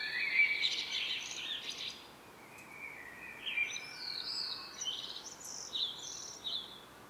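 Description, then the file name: Common blackbird warbling a fluty phrase, followed by a string of thin, high squeaky notes and twitters repeated over several seconds. "Turdus merula"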